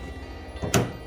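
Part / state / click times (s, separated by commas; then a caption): plastic rod retainer clip onto hood latch rod / seated / 0.7 s. While replacing the hood latch on a Ram 1500 pickup, a new plastic rod retainer clip is pressed onto the hood latch rod. Over a quiet low background with a soft bump just before, a single sharp broadband thunk lands at 0.7 s. The retainer clip pops into place and is seated.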